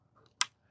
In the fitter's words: make sure you hear that click when you pull that lever back. That's how you know your pellet has advanced,